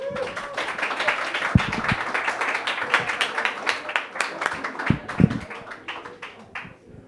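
A comedy night audience applauds steadily for several seconds to welcome a comedian, a dense patter of many hands clapping with a few louder claps standing out, before the applause thins toward the end.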